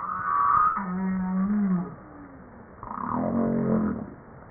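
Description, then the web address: Humpback whale song units: a high tonal note, a steady low note of about a second, then a rougher, buzzy harmonic unit. Recorded 5 March 1994 at 09:52; published in JASA in 2013. "Humpback-01 940305-0952 940305-0952 part 1"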